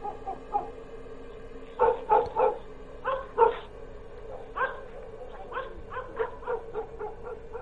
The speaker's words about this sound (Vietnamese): Đâu đó ở bên đầu làng xa xa, tiếng chó cắn ma cứ ong ổng, nghe đến não hết cả lòng.